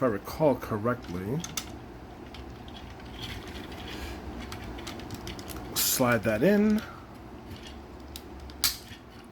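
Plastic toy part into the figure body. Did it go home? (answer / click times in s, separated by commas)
yes / 8.6 s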